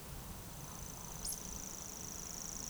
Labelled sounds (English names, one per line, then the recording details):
Eurasian Woodcock whistle
Eurasian Woodcock croak
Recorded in Baden-Württemberg, Germany, on 25 June 2020 at 19:54 UTC
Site 43791, 788 m above sea level